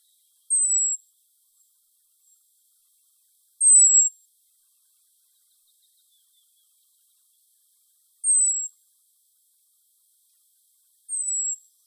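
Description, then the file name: European robin, a very high thin descending note, about half a second long, given four times at irregular gaps of three to five seconds in near silence. "Erithacus rubecula"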